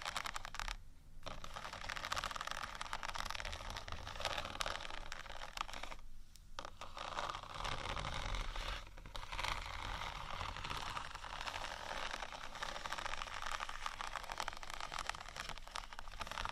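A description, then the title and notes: Continuous scratching and rubbing, with dense, gritty strokes that run almost without pause and a few short tapping breaks near one, six and nine seconds. The texture stays bright, with a low rumbling undertone throughout. ScratchingTapping for Relaxation （No Talking）.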